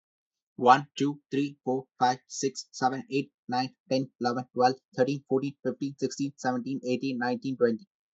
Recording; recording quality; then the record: counting at a fast pace; excellent, no background noise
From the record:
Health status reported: healthy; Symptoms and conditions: none ticked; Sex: male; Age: 24 years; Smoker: not ticked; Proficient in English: yes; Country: India